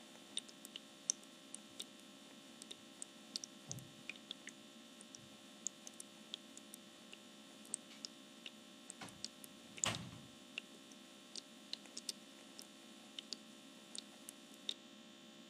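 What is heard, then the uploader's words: An essential oil diffuser misting with a steady low hum, faint crackles and ticks throughout, and a brief louder clunk near ten seconds. ASMR Essential Oil Diffuser Misting.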